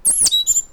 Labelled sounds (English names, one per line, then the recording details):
Stitchbird song
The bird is a male
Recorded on Tiritiri Matangi Island, New Zealand, in 2005
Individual 1, of nest box 1